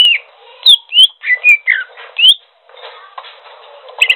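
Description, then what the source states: Greater green leafbird song: several clear slurred whistles, rising and falling in turn, delivered in quick succession before a short pause and quieter chatter. Local name cucak hijau; described as gacor, singing vigorously and continuously.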